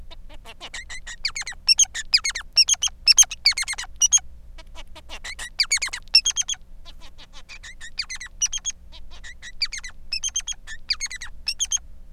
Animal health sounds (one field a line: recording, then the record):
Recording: song of a male Bengalese finch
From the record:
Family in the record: son of father 3